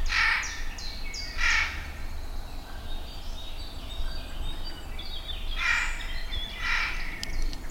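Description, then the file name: Eurasian jay giving harsh, rasping screeches, two close together then two more after a pause, with thin high chirps from small birds between them. "Garrulus glandarius"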